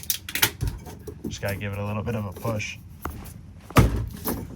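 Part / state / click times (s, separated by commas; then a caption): hinged bedroom TV panel catch into its wall latch / seated / 3.8 s. A hinged bedroom TV panel in a 2023 Sunseeker 2860DS, with storage behind it, is pushed closed so its catch piece enters the wall latch, and it needs a little push to seat. Someone talks over some light knocking and handling at the start, and a sharp click at 3.8 s marks the catch seating in the latch.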